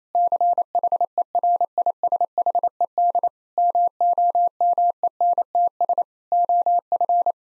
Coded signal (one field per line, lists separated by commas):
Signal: Morse code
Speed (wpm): 28 wpm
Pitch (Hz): 700 Hz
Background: none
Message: CHERISHED MOMENTS OF